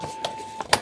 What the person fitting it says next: 눌러주면 딸깍 소리와 함께 제품이 요렇게 펼쳐지게 됩니다.